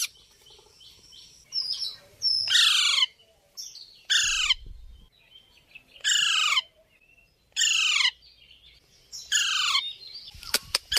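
Bird giving loud, harsh, downward-sliding screeches roughly every one to two seconds, with softer chattering notes between them.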